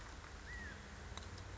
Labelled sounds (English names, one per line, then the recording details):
California Quail
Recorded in Sonoma County, California